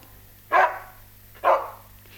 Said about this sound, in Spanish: No escuchó a su perro que le ladró para despedirlo a la salida de la casa.